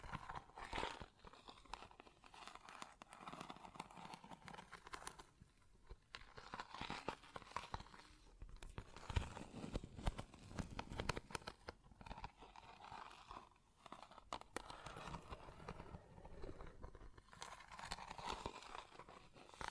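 Close-up metallic sounds: dense clattering, scraping and rattling that runs through the whole twenty seconds with no pause. Sharp knocks come every second or so, a heavier cluster of hits lands around nine to ten seconds, and a bright ringing edge sits over a low rumble.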